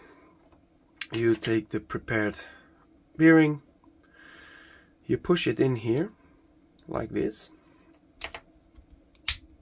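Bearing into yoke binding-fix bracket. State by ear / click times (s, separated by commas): seated / 9.3 s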